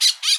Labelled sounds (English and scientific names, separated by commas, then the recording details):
Brown-throated Parakeet (Eupsittula pertinax) contact call
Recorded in Bonaire
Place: just S of turnoff to Cai, near Lac Bay
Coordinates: 12.126, -68.239